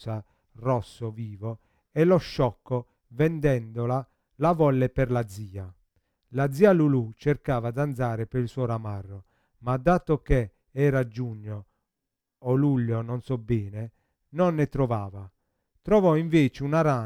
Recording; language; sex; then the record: read passage; Italian; male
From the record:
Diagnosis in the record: Parkinson's disease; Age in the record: 50 years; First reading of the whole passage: 72 s, 7.2 characters per second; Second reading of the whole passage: 54 s, 9.6 characters per second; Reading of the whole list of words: 40 s, 7.1 characters per second